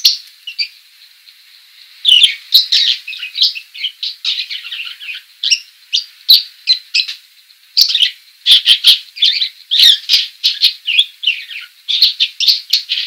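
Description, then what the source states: Budgerigar chatter: a steady run of short, scratchy chirps and warbles with quick clicks, repeated in bursts with a brief lull near the start. Female.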